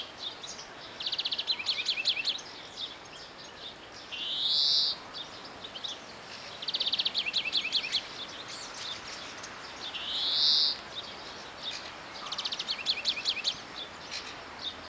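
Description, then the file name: European greenfinch alternating rapid twittering trills with a drawn-out, nasal, rising wheeze, heard twice, over soft steady background noise. "Chloris chloris"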